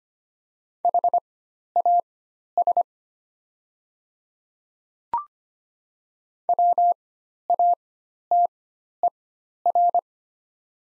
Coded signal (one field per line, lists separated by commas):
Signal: Morse code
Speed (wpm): 25 wpm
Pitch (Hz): 700 Hz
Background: none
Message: HAS WATER